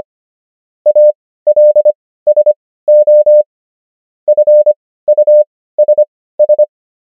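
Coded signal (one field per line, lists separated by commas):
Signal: Morse code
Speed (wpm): 25 wpm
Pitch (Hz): 600 Hz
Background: none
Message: ALSO FUSS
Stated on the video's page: Morse practice of the 500 most common German words, Farnsworth spacing: 25 wpm characters, 16 wpm overall.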